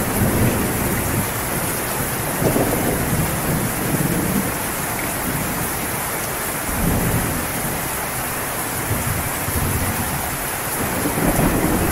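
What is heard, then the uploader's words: Steady, dense rainfall hisses evenly across the whole stretch, bright, with no breaks. Beneath it, low rumbling swells rise and fall every few seconds, around the 2, 4, 7 and 11 second marks, like thunder rolling under the rain. Rainfall: The Calming Sounds of Rain.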